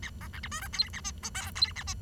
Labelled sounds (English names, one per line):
Bengalese Finch song